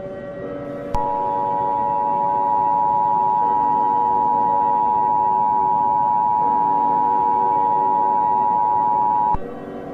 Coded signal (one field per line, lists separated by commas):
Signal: Emergency Alert System (SAME) tones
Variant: 853 and 960 Hz attention tone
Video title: The End of the World (eas scenario) *Nick3535 version*